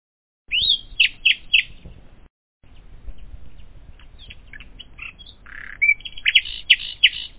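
Common nightingale song: loud downslurred notes at the start, a stretch of faint scattered chirps, then a burst of varied whistles and sharp notes at the end.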